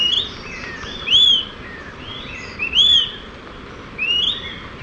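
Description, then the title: Smoke-colored pewee giving a few high, arched whistled call notes with fainter notes between, against a constant low hiss. Subspecies ardosiacus. "LuckyPassaro Completos2Sama. Smoke-colored Pewee (Contopus fumigatus ardosiacus)"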